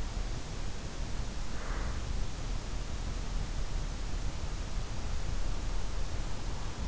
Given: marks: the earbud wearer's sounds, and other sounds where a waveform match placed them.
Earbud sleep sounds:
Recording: sounds in sleep by an in-ear microphone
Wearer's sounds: breath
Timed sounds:
1.47-2.10 s: breath

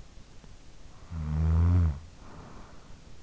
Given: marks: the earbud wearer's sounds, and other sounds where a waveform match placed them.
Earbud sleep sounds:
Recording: sounds in sleep by an in-ear microphone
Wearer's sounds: snoring breath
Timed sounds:
0.54-3.12 s: snoring breath

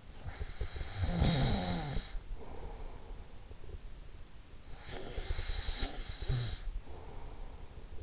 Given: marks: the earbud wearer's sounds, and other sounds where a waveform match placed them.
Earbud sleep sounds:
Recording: sounds in sleep by an in-ear microphone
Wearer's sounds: snoring breath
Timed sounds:
0.37-3.91 s: snoring breath
4.84-8.03 s: snoring breath

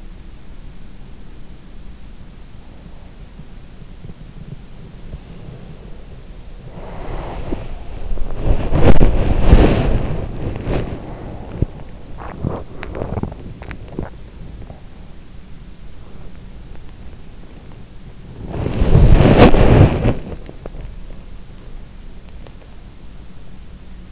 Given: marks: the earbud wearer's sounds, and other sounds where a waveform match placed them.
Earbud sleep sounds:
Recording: sounds in sleep by an in-ear microphone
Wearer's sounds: body movement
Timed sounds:
5.11-24.12 s: body movement

